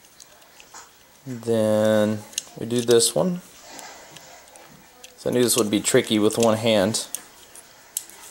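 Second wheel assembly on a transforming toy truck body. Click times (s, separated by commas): 8.0 s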